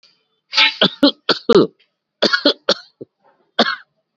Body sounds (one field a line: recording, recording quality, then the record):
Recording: heavy voluntary cough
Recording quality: excellent, no background noise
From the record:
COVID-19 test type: RT-PCR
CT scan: not taken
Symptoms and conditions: diabetes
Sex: male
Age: 49 years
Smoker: no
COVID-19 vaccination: both doses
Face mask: worn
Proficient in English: yes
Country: India